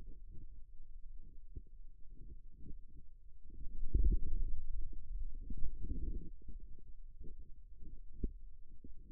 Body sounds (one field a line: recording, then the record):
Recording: forearm muscle sounds (acoustic myography)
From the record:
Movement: pen grasping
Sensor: system 2, bracelet of six BSWA MPA416 microphones around the upper forearm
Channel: 5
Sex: male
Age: 22 years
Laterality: right